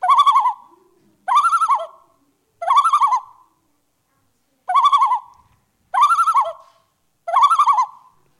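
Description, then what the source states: Loon tremolo, a quavering, laughing call of rapid wavering notes, given in six bursts in two sets of three about 1.3 seconds apart, with silence between. Tremolo, a surprise or alarm call: the bird has been surprised, something is too close and it is about to leave; the lower mandible moves up and down five times per second.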